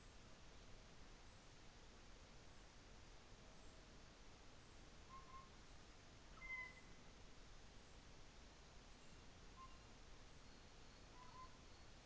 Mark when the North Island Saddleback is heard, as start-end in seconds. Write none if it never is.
none